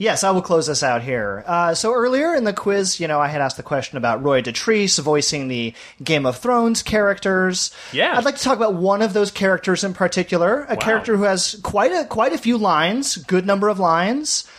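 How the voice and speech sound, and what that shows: Clear, fluent adult speech at a steady conversational pace, with an ordinary voice and smooth articulation.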